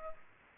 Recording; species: mosquito wingbeat signal from an infrared sensor; Culex pipiens